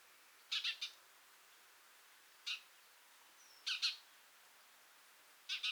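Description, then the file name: House sparrow chirps, short harsh notes singly, in pairs or in triples, about four bursts spaced irregularly over a few seconds. "Passer domesticus"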